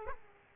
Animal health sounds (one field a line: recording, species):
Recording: mosquito wingbeat signal from an infrared sensor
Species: Aedes aegypti